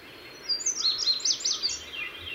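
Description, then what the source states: Indigo Bunting singing a bright, high phrase of slurred notes for over a second, with a faint background hiss. Territorial male singing loudly from bush to bush; habitat of low shrubby vegetation such as regrowth under power lines in forested areas.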